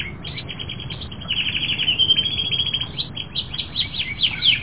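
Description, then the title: Canary song of dense, rapid high trills and buzzy rolls, running almost without a break, over a faint low hum. "kenarijos"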